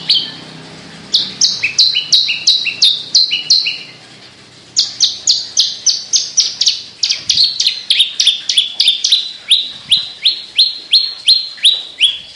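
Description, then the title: Javan bush lark song: long series of sharp high chirps, several per second, broken by a brief pause before resuming just as fast. Local name branjangan; song described as gacor. "Branjangan Gacor Petir 1"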